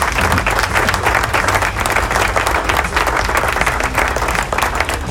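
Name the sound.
applause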